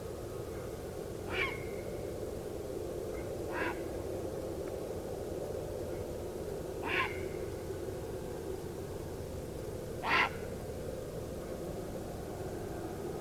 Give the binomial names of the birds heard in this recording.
Ardea cinerea